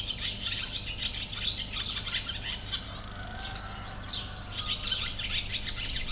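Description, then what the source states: Sand martin calls, many dry, buzzy chirps almost continuously, with a brief softer hiss in the middle and low rumbling noise beneath. Recorded in nature in 2016; place given as Potamia.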